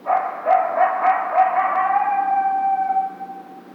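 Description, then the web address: Coyote opens with a quick run of short yipping barks, then slides into one long sustained howl that fades toward the end. Recorded 2 March 2010; howl. "Coyote 2010 03 02 14 howl"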